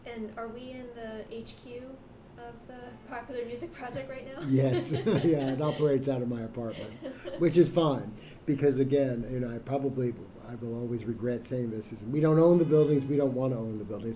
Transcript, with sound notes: Are we in the HQ of the Popular Music Project right now?
Yes. [both laugh] It operates out of my apartment, which is fine. Because again—and I probably will always regret saying this—we don’t own the buildings, we don’t want to own the buildings.